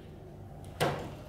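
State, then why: Not seated. A replacement roller wheel is handled at the bottom rail of a glass sliding patio door, with a faint tap near 0.6 s and a louder, brief knock at 0.8 s over quiet low hum. The wheel has not yet seated or clicked into place.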